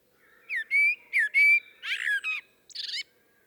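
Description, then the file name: Common blackbird song opening with clear fluted whistles, then rougher chuckling notes and a high squeaky twitter at the end. "Turdus merula"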